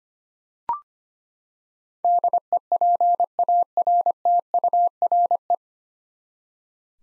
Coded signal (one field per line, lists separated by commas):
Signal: Morse code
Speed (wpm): 25 wpm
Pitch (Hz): 700 Hz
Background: none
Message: DEPARTURE